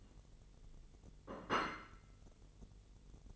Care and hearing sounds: daily activity, microphone in the room; place plate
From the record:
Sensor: 4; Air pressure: 1002.9 hPa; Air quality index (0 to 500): 249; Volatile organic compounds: 20 ppm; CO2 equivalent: 2706 ppm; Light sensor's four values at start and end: 5/12/4/5 and 5/12/4/5

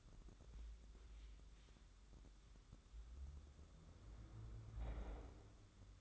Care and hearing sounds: daily activity, microphone in the room; wipe stove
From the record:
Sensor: 3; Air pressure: 996.1 hPa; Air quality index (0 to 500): 92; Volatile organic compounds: 11 ppm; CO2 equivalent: 2274 ppm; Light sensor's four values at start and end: 28/85/35/30 and 29/87/36/31

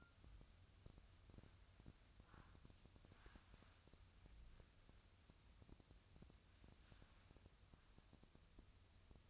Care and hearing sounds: daily activity, microphone in the room; wipe stove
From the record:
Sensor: 2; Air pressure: 1004.7 hPa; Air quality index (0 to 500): 80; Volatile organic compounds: 1 ppm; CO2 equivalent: 956 ppm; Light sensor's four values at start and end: 7/16/6/6 and 7/16/6/6

